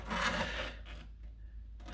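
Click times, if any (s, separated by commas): none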